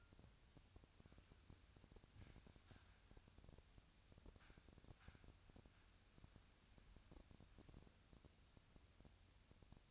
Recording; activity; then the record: daily activity, microphone in the room; wipe stove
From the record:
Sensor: 2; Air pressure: 1006.9 hPa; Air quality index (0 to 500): 198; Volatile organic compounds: 14 ppm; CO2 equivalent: 2431 ppm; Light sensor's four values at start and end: 9/23/9/10 and 9/23/9/10